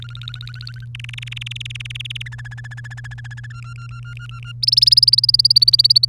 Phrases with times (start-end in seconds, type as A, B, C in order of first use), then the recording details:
0.00-0.85 A, 0.95-2.22 B, 2.26-3.47 C, 3.50-4.52 D, 4.62-6.05 E. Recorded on 1 May 2018 at 06:00. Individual llb3